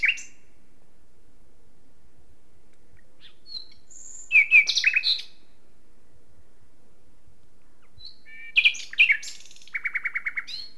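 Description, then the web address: Common nightingale song: two separate phrases of rich whistles and chirps, the second ending in a fast run of repeated notes, with quiet pauses between. "SETE data Luscinia megarhynchos"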